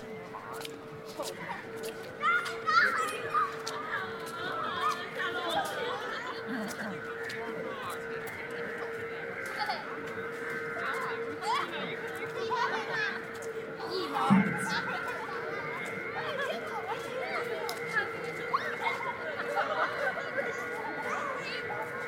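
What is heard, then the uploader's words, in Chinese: At Beijing's Ditan, steady overlapping chatter and children's voices run throughout over a constant mid-pitched hum, with scattered clicks and a brief louder burst near fourteen seconds. 北京地坛。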